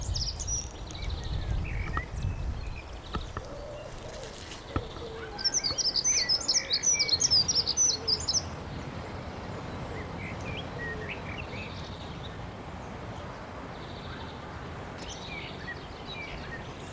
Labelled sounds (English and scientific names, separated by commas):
Dunnock (Prunella modularis)